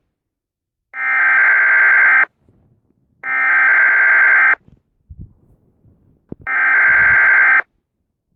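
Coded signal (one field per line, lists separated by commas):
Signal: Emergency Alert System (SAME) tones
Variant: header bursts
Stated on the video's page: EAS tones generated by an EAS app.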